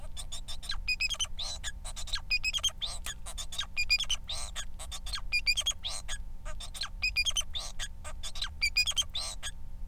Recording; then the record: song of a male Bengalese finch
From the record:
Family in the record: son of father 4